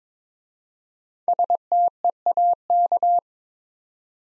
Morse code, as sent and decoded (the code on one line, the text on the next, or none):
... - . .- -.-
STEAK